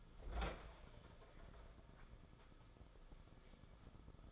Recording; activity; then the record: daily activity, microphone in the room; open fridge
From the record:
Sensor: 5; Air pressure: 994.5 hPa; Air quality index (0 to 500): 189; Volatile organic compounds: 1000 ppm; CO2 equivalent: 5566 ppm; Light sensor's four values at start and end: 49/149/58/65 and 50/149/59/65